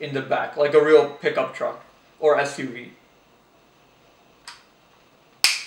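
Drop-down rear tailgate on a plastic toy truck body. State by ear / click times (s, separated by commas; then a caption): seated / 5.4 s. Someone talks, then closes the plastic drop-down rear tailgate on a 2020 Hess toy SUV truck body by hand. After a faint tick at about 4.5 s, it snaps back into place with a sharp click at 5.4 s.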